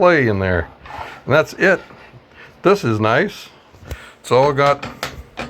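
Someone talks while handling the miter gauge of a Ridgid cast iron top table saw, working its lever so the metal head can drop into a preset angle detent. A brief sharp sound occurs near 5.4 s, but the gauge head has not yet seated or clicked into its angle stop by the end.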